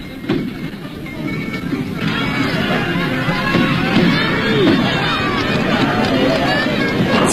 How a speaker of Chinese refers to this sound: 景色宜人，赛马场上聚集了很多人，大家欢呼着笑着，这是他们一年一度的节日。